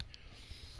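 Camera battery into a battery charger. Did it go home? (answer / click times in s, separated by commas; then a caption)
yes / 0.0 s. A camera battery is pushed into a CharJen Pro multi-charger and snaps in with a sharp click at 0.0 s, followed by a quieter tick and low background hum. The battery is seated in the charger.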